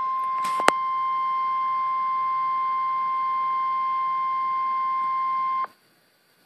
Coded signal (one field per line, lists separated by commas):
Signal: Emergency Alert System (SAME) tones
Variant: 1050 Hz attention tone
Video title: EAS #16, SMW, 5/06/14